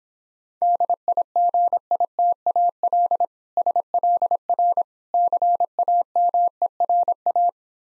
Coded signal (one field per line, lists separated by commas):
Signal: Morse code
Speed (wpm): 26 wpm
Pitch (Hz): 700 Hz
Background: none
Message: DIGITAL SLR CAMERA